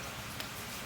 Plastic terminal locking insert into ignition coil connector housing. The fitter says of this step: and it'll also make a clicking noise. It's not as loud as when the terminals pop into place, but you'll know it's locked in there when it's flush with your terminal holes.